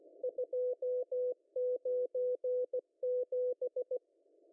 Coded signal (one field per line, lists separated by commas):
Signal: Morse code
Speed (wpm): 16 wpm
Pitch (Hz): 500 Hz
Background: none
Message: 297